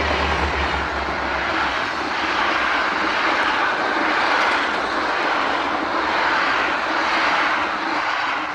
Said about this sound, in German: In einer regnerischen Nacht stehen Donegan, Kinsey und der von Mona Monckton empfohlene Elektriker Walter Lloyd an der Böschung am Bahndamm und beobachten einen vorbeirasenden Zug.